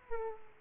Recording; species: mosquito wingbeat signal from an infrared sensor; Aedes aegypti